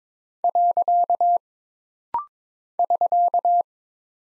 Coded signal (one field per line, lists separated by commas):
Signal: Morse code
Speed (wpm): 22 wpm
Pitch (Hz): 700 Hz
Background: none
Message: . <SK>